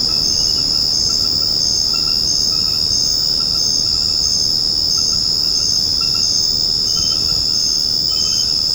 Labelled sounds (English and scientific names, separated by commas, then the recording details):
none
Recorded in secondary vegetation near Puerto Asís, Putumayo, Colombia, on 9 March 2025 at 21:00
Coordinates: 0.481, -76.318
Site G097